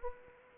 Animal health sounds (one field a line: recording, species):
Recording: mosquito wingbeat signal from an infrared sensor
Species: Anopheles arabiensis